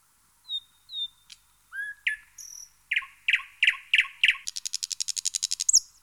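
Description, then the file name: Thrush nightingale song opening with soft pure whistles, then loud evenly repeated chock notes running into a rapid dry rattle. "Jean C Roche - Rossignol progne"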